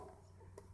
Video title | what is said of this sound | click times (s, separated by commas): What's Inside a Garden Hose Water Timer Unit | big click yes and that's gone back in so that's how to avoid | 0.6 s